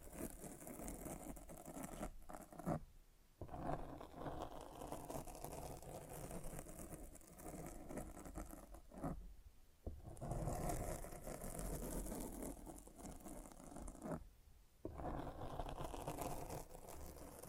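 Mic scratching: a dense, rough rustle and scrape runs continuously, full from low rumble up to hissy highs. Brief drop-outs break it near 2.5, 9 and 14.5 seconds before the scratching resumes, uneven in texture throughout.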